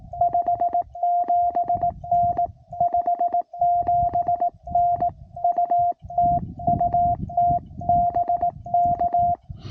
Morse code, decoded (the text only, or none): 57N 57N UT UT BK